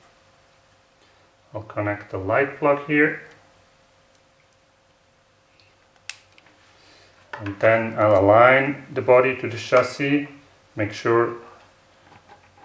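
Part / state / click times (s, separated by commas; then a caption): light wiring plug into RC car body connector / seated / 6.1 s. A small plastic light-wiring plug is connected to its socket in the body connector of a Tesla Model 3 RC car, and it seats with one sharp click at 6.1 seconds. Someone talks before and after the click, and quieter ticks come just before and after it.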